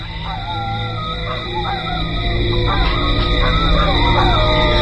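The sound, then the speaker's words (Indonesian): Owl hoots and wavering, drawn-out dog howls rise and fall over a steady, dense hum of quiet night ambience at around 11 p.m., growing slightly louder toward the end, with no clear pauses. “Suara burung hantu dan lolongan anjing turut menyemaraki malam yang sepi sunyi dan membuatku tidak bisa tidur karena sedikit ketakutan.”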